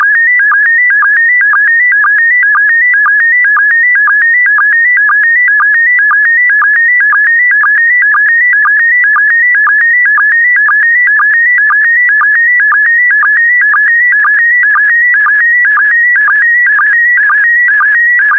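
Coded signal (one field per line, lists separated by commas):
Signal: SSTV (slow-scan television)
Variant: PD120 mode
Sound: warbling, stepping electronic tone with a steady rhythmic chirp about twice a second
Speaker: the next image transmission will start in 10 seconds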